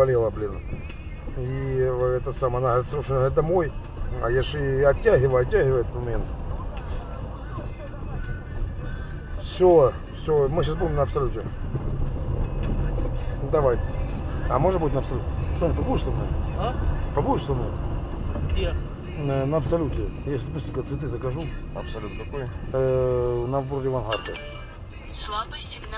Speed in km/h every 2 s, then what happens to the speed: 14, 13, 15, 22, 21, 19, 20, 30, 34, 36, 28, 15, 12.
3-6 speeds up to 22. 6-12 steady at about 20. 12-18 speeds up to 36. 18-26 slows to 12.